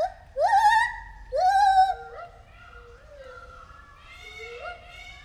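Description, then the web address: White-handed gibbon calling with two loud drawn-out wails, then softer gliding hoots that wander up and down in pitch. At Debrecen Zoo in 2019, during a first encounter. "allathangok debrecenizoo 2019. feherkezu gibbon"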